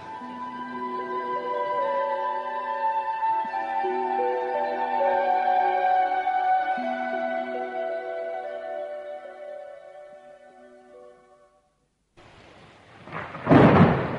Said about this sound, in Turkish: Yağmur da bayağı hızlandı. Şu Ebu Binnat'ın dükkanına gireyim bari, yoksa sırılsıklam ıslanacağım.